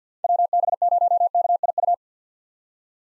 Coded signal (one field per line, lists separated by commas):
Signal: Morse code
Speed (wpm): 50 wpm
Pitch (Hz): 700 Hz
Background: none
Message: WB0KIU